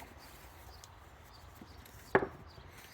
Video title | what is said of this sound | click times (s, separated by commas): Spud, the 85 Toyota Tercel SR5 gets new shifter bushings and boots! | all right we got her all snapped in place uh | 0.8 s, 2.1 s